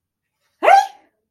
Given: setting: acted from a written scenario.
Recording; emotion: vocal sound without words; fear